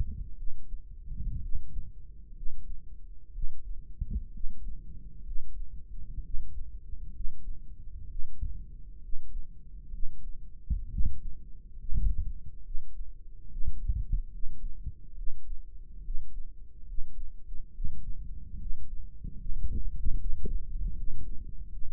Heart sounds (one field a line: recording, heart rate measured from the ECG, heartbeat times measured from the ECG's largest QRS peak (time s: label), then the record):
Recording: heart sounds by microphone in the right ear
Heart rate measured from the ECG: 67 bpm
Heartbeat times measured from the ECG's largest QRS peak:
0.32 s: heartbeat
1.37 s: heartbeat
2.31 s: heartbeat
3.29 s: heartbeat
4.29 s: heartbeat
5.21 s: heartbeat
6.19 s: heartbeat
7.09 s: heartbeat
8.05 s: heartbeat
8.98 s: heartbeat
9.88 s: heartbeat
10.86 s: heartbeat
11.73 s: heartbeat
12.60 s: heartbeat
13.46 s: heartbeat
14.27 s: heartbeat
15.12 s: heartbeat
15.99 s: heartbeat
16.82 s: heartbeat
17.69 s: heartbeat
18.55 s: heartbeat
19.34 s: heartbeat
20.15 s: heartbeat
20.92 s: heartbeat
21.66 s: heartbeat
From the record:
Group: healthy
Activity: rest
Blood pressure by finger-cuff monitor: 92/69 mmHg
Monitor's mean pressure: 74 mmHg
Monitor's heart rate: 69 bpm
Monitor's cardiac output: 4.9 L/min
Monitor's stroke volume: 74 mL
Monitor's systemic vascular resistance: 1090 dyn s/cm5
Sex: male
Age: 20 years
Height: 187 cm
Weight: 68.9 kg